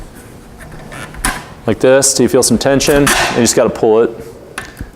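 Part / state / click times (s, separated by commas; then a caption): dog-leg clamp arm on a ceiling-mount housing / seated / 4.6 s. During a ceiling install, the small dog-leg swing arm on a ceiling-mount housing's mounting clamp is pulled out against its tension and pushed back while someone talks, with a loud sharp knock near 1.2 s. The arm snaps and locks into place at 4.6 s.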